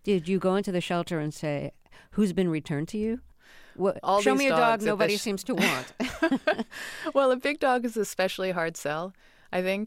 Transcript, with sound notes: Did you go into the shelter and say, who's been returned to you?
Well, all these dogs...
Show me a dog nobody seems to want.
(LAUGHTER)
Well, a big dog is an especially hard sell, I think.